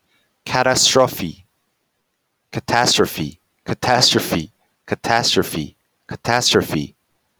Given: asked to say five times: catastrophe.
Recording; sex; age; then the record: repeated word; male; 20 to 29 years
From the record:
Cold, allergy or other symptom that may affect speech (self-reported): no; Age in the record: 23 years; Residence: Georgia, United States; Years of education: 16